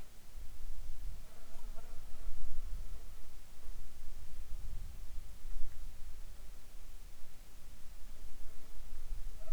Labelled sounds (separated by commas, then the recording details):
insects
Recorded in the Arctic National Wildlife Refuge, Alaska, on 7 July 2019 at 18:41
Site 41